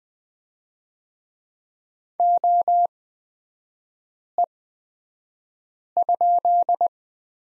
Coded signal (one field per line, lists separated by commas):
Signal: Morse code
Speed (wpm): 20 wpm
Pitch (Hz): 700 Hz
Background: none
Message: OE?